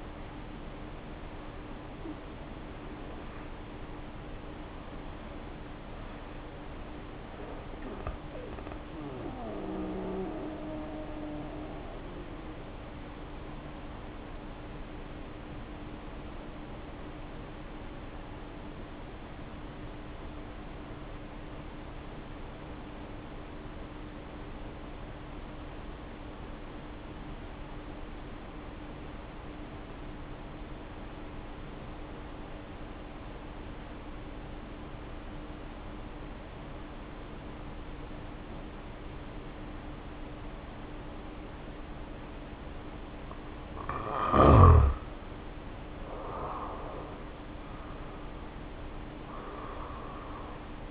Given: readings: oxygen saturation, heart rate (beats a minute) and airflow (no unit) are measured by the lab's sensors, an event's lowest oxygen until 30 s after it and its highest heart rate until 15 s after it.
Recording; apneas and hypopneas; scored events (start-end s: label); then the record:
breathing in sleep by a voice recorder at the bedside; 1
10.00-44.30 s: hypopnea (N2, oxygen 95% highest, then 75% lowest, heart rate 50 at the start, 69 highest)
12.00-50.91 s: new sleep stage, N1 (lightest sleep)
From the record:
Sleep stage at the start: N2 (light sleep); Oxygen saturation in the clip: 74 to 95%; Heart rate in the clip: 46 to 69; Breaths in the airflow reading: 15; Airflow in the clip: -2.8 to 2.7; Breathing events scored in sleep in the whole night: 520 in 7.2 hours asleep